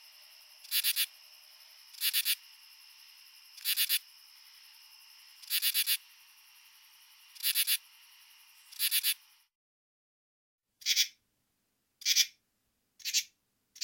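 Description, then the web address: Common true katydid rasping in short pulsed bursts about every one and a half to two seconds, then single shorter rasps separated by near silence. Male calls. "Crickets and Katydids. Pteryphylla camellifolia, male calls"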